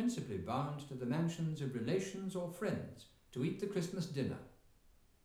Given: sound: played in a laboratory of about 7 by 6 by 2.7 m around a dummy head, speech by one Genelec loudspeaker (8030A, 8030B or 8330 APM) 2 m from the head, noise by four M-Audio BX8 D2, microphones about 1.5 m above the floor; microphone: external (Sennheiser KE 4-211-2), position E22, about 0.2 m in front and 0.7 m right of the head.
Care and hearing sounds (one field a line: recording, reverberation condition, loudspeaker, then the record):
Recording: male speech in English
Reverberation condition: medium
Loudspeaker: 30 degrees to the right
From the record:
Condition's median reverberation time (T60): about 510 ms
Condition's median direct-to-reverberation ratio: about -0.5 dB